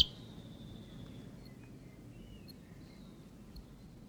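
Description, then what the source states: Whitehead territorial call: a long, clear whistle held high and sliding slightly downward for over a second, followed by a few faint, short notes over low background hiss. Male territorial call.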